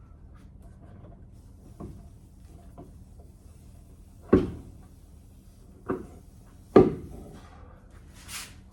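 A metal torque converter is worked further onto the transmission pump of an LSA-swapped Suburban, dropping in over three engagement points. Three distinct clicks sound at 4.3, 5.9 and 6.8 seconds, the last the loudest, with only a faint knock before them. The converter ends up fully seated, nice and deep.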